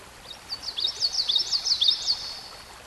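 Songbird delivering a bright, rapid phrase of high looping chirps that rise and drop repeatedly, backed by gentle steady hiss.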